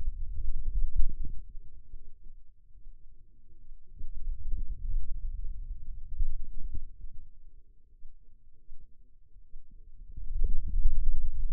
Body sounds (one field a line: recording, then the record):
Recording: forearm muscle sounds (acoustic myography)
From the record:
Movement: hand closing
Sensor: system 2, bracelet of six BSWA MPA416 microphones around the upper forearm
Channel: 1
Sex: male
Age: 22 years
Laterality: right